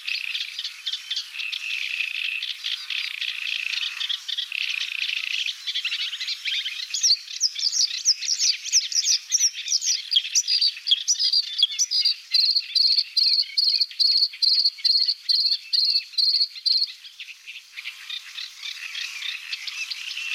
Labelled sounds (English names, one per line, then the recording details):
Bluethroat song
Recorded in the wild
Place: Nagyivan / Hortobagy, HU
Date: 1988-05-20
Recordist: Schwarz, Dieter
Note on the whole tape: Song